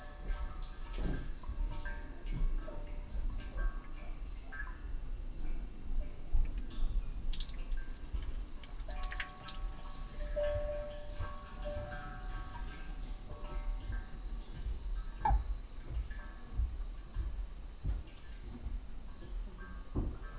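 A field recording from Kyoto, Japan, filled with a steady, dense chorus of high-pitched insects, likely crickets, buzzing without pause. Beneath it, faint tonal whistles and scattered soft knocks and clicks come and go, with a low rumble throughout.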